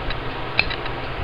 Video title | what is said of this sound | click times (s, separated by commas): Transformers: Cybertron: Ultra Class Dark Scorponok | then it will click into place | 0.6 s